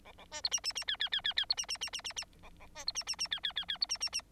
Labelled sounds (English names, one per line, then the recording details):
Bengalese Finch song
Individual Bird9